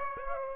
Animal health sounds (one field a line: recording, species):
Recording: mosquito wingbeat signal from an infrared sensor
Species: Aedes aegypti